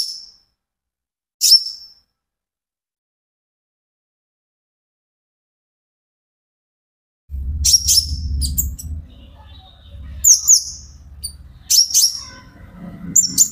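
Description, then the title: Van Hasselt's sunbird giving two sharp high notes, a long silence, then renewed bursts of high, twittering chirps over a low humming background. Bird singing steadily (gacor), used as a lure (pancingan) and to train other caged birds. "KOLIBRI NINJA KONIN IJOAN GACOR UNTUK PANCINGAN TERAPI KONIN"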